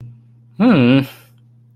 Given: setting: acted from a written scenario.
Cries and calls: vocal sound without words; neutral

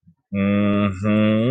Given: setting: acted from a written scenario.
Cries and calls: vocal sound without words; triumph

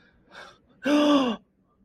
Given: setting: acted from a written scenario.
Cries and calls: vocal sound without words; elation

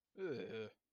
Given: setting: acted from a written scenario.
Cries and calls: vocal sound without words; contempt

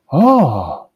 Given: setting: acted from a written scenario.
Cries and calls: vocal sound without words; elation

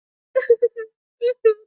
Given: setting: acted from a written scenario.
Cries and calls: vocal sound without words; sadness

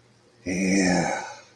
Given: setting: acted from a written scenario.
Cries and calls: vocal sound without words; ecstasy

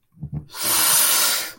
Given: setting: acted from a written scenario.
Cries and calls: vocal sound without words; pain

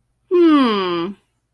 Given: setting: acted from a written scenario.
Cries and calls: vocal sound without words; contempt

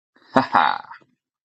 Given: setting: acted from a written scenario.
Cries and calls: vocal sound without words; pride

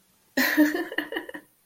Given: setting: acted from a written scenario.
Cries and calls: vocal sound without words; amusement

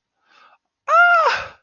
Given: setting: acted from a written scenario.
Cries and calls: vocal sound without words; fear

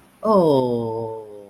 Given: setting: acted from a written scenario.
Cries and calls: vocal sound without words; romantic love

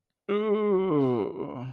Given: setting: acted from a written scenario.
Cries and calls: vocal sound without words; embarrassment

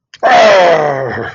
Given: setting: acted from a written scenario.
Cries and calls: vocal sound without words; disappointment

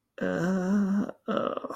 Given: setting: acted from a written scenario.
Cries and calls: vocal sound without words; guilt

